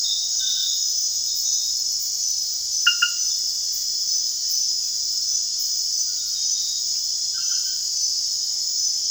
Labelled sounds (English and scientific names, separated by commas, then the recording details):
none
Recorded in secondary vegetation near Puerto Asís, Putumayo, Colombia, on 22 June 2025 at 21:30
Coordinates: 0.498, -76.327
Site GP09